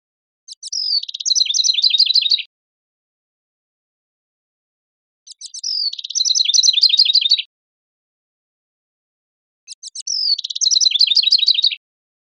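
House wren song: three bubbly, rapid phrases, each opening with a few sharp notes and a falling slide, then tumbling into a chattering run, with silence between.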